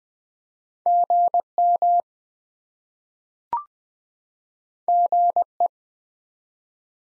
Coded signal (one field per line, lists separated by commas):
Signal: Morse code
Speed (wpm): 20 wpm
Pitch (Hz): 700 Hz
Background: none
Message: GM GE